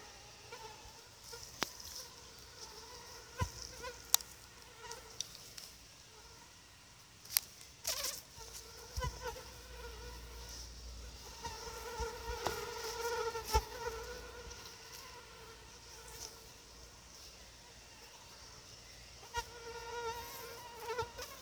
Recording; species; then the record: mosquito flight sound by mobile phone; Anopheles quadriannulatus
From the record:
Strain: SANQUA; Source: CDC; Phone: Sony Xperia